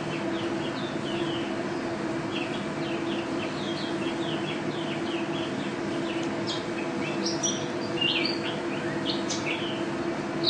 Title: Pleci Juara 1 Nasional pleci Gacor juara nasional teler gacor ropel pleci isian kenari 2015